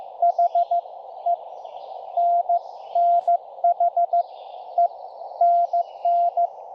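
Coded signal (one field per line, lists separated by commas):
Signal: Morse code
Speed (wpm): 16 wpm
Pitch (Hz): 690 Hz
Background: none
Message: HE NN HE NN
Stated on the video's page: CW POTA activation on 40m using a borrowed TR-35 radio keyed with Palm Pico iambic paddles; bands better than previous attempt.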